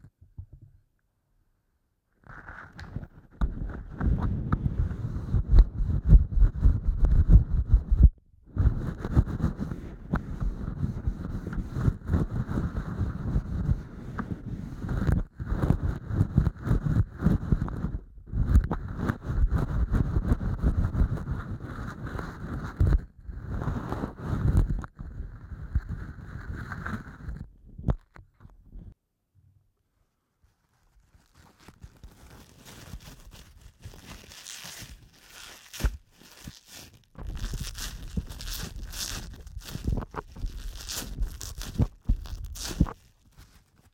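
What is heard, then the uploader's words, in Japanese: Ear cleaning: dense, rumbling scratching and rubbing runs from about 2 seconds to 27, broken by brief pauses. After a quieter stretch of soft, sparse rustles, a brighter, crisper scraping returns around 37 seconds and continues almost to the end. ASMR耳かき 圧力・低音強めの落ち着くサウンド…柔らかい音フェチ。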